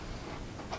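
The handle locking mechanism on an upright vacuum cleaner is handled at its knob, giving a steady, low broadband rustle with a faint brighter bump near 0.7 s. The mechanism has not clicked into place, and nothing has seated yet.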